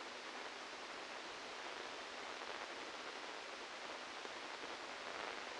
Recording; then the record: brain microelectrode recording played as sound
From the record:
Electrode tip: outside the subthalamic nucleus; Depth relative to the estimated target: -3 mm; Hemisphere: left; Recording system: NeuroSet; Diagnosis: Parkinson's disease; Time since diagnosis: 12 years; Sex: male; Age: 61 years